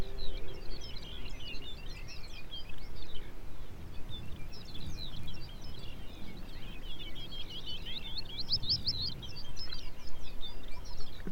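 Arctic birds chatter and chirp throughout, a dense overlapping mix of quick bright calls from several birds. The calling swells around the middle and grows busiest near the end, with a sharp high trill at about eight seconds, all over a steady low rumble.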